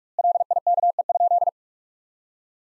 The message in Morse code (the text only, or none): LIKE?